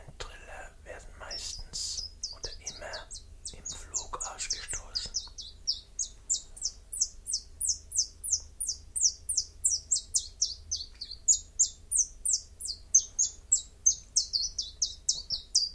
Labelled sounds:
Common Chiffchaff (Phylloscopus collybita) song

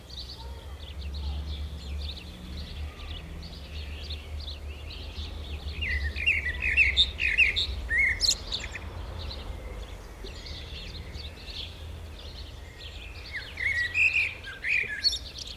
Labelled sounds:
Common Blackbird (Turdus merula) song

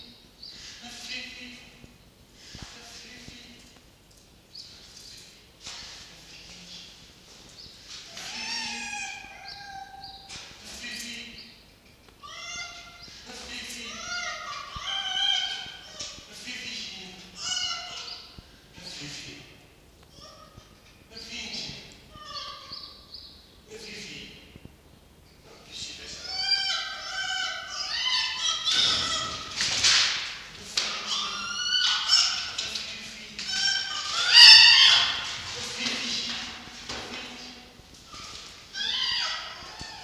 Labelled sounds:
Red Fox (Vulpes vulpes)

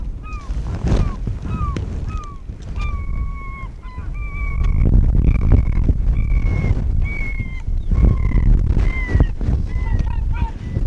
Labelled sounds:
Arctic Fox (Vulpes lagopus)

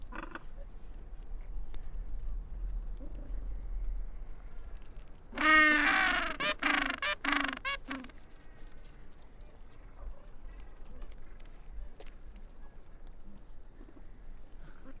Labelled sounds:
Gentoo Penguin (Pygoscelis papua) call

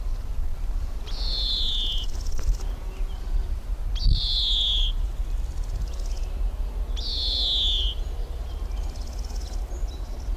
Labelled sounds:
Large Gold Grasshopper (Chrysochraon dispar) stridulation

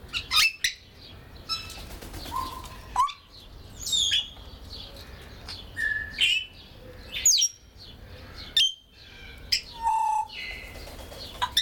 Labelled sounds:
Grey Parrot (Psittacus erithacus)

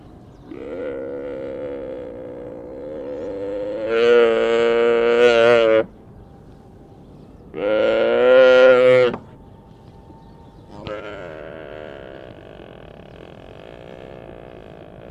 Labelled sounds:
Mule Deer (Odocoileus hemionus) call

